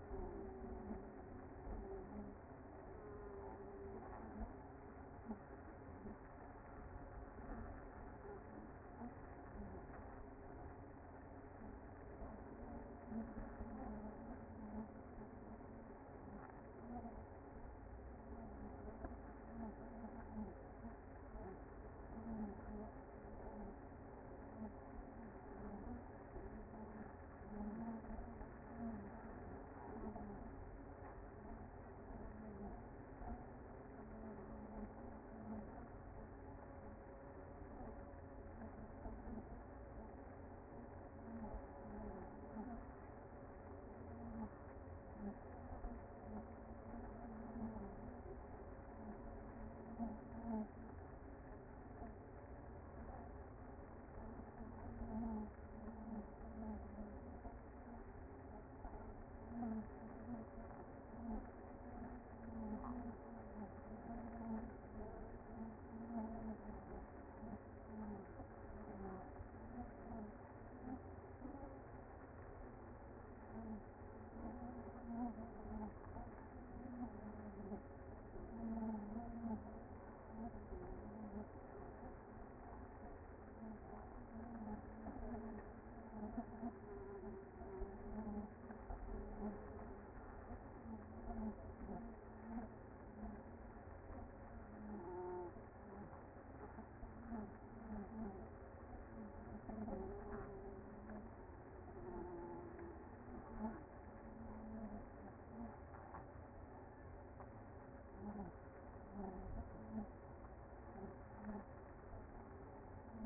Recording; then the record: honeybee colony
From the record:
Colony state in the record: active